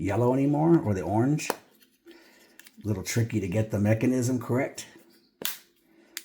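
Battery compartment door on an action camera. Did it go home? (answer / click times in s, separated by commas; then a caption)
yes / 5.4 s, 6.2 s. Someone talks while the plastic battery door of an Insta360 Ace Pro 2 action camera is pushed forward after the battery is inserted. Sharp snaps are heard at 5.5 s and 6.2 s as the latch clicks shut, hiding the orange marker, and the door is seated.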